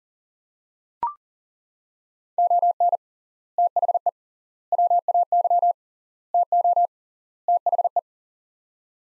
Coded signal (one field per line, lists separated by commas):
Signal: Morse code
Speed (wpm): 37 wpm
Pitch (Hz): 700 Hz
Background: none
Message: ON THE WAY TO THE